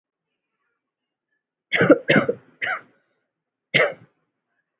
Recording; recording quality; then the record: shallow voluntary cough; excellent, no background noise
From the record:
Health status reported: healthy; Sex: female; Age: 32 years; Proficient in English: yes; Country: India